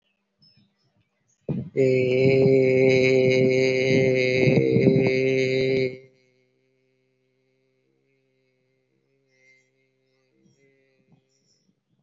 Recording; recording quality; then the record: sustained vowel as in made; moderate, slight background noise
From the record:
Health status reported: healthy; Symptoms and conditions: hypertension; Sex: male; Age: 49 years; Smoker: not ticked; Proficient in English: yes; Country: India